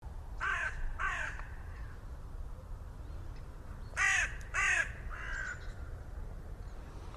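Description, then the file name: Carrion crow cawing: two harsh caws early, then two louder caws near four seconds and a softer one after, over low rumbling background noise. "Corvus corone"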